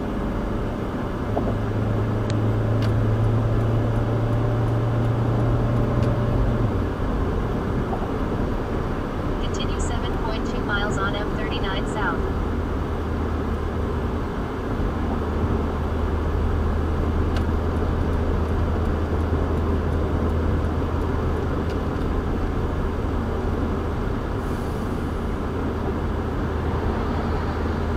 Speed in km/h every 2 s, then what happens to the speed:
85, 90, 95, 100, 101, 100, 100, 98, 98, 100, 100, 100, 100, 100.
0-6 speeds up to 100. 6-28 steady at about 100.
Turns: none.